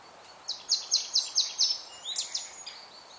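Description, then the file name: Marsh tit call, a rapid series of several sharp high chirps followed by a few softer notes. "Poecile palustris"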